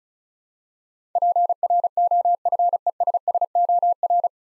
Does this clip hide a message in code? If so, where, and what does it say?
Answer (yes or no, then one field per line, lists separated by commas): yes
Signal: Morse code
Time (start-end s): 1.2-4.3 s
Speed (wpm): 36 wpm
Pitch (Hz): 700 Hz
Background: none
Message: PROFESSOR